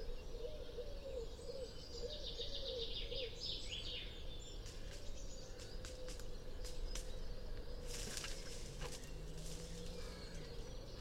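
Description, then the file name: Eurasian magpie giving a faint, harsh chattering rattle near the start over loud, steady background noise. "Pica pica"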